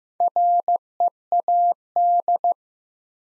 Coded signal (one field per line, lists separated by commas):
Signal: Morse code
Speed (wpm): 15 wpm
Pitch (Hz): 700 Hz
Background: none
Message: READ